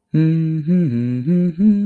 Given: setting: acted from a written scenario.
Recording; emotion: vocal sound without words; romantic love